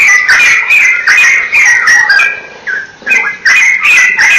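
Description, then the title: Oriental magpie-robin song: loud, rich whistled and scratchy phrases delivered rapidly in bursts, with a brief pause near the middle before the song resumes. "Kicau Kacer"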